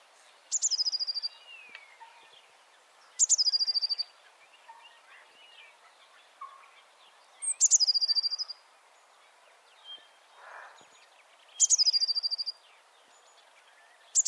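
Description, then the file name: Eurasian blue tit call, a sharp high note followed by a rapid scolding trill, repeated several times a few seconds apart amid soft background chirps. "Cyanistes caeruleus"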